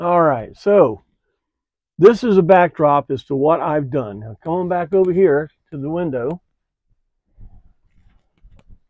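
Someone talks for most of the clip while a covered interior trim panel is handled at the window opening of a GMC motorhome. Faint, brief handling sounds come near the end. The clip ends before the panel goes home, so nothing has seated or clicked yet.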